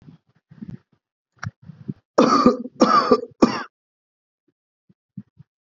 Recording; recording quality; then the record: shallow voluntary cough; excellent, no background noise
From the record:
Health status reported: healthy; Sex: female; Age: 30 years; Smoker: no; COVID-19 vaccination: both doses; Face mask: not worn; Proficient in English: yes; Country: India